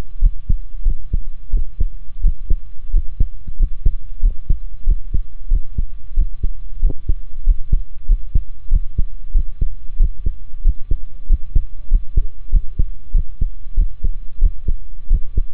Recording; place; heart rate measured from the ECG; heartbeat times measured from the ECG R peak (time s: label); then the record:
heart sounds by stethoscope; between the tricuspid and mitral areas; 93 bpm
0.21 s: heartbeat
0.85 s: heartbeat
1.52 s: heartbeat
2.23 s: heartbeat
2.93 s: heartbeat
3.59 s: heartbeat
4.22 s: heartbeat
4.86 s: heartbeat
5.50 s: heartbeat
6.16 s: heartbeat
6.82 s: heartbeat
7.46 s: heartbeat
8.08 s: heartbeat
8.70 s: heartbeat
9.34 s: heartbeat
9.99 s: heartbeat
10.64 s: heartbeat
11.29 s: heartbeat
11.90 s: heartbeat
12.51 s: heartbeat
13.13 s: heartbeat
13.76 s: heartbeat
14.41 s: heartbeat
15.09 s: heartbeat
From the record:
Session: rest, sitting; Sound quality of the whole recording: good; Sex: male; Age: 28 years